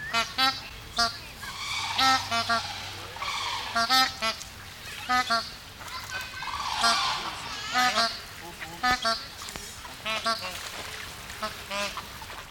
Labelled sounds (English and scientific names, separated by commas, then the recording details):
Red-crowned Crane (Grus japonensis) call
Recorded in captivity
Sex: pair
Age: adult
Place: Münchner Tierpark Hellabrunn, Bayern, DE
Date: 1993-09-20 13:10
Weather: 19 °C, heiter
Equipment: Marantz CP 430, Sennheiser MKH 416 T, Kopie Uher Variocord 263
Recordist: Tembrock, Günter
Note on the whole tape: Paar-Rufen (dann auch Sarus); Männchen mit Flügelschlagen